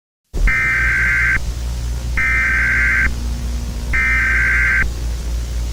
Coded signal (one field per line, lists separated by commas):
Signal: Emergency Alert System (SAME) tones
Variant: header bursts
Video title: Pokémon Error | An EAS Scenario